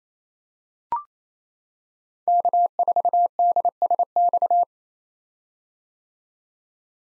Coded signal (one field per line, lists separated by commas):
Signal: Morse code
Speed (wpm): 28 wpm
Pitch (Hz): 700 Hz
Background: none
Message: K4DSX